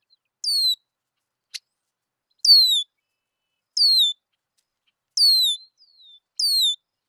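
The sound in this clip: Red-winged blackbird repeating a high whistle that slides downward, five times, with a single sharp click early on.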